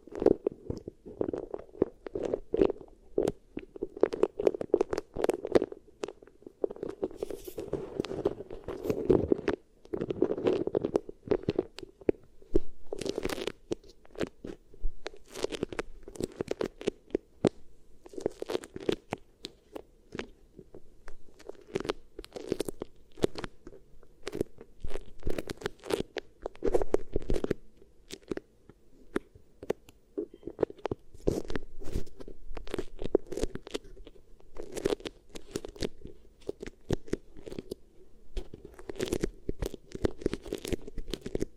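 Beeswax ear triggers: continuous sticky crackling and crunching with dense, irregular pops and clicks over a low squishy rumble throughout.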